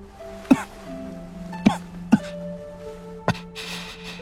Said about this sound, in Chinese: 荣仓说完，闷闷憋出几声抑制不住的咳嗽，动作间帽子往后抖了抖，露出他小半张脸，苍白惨淡，毫无血色，憔悴之极。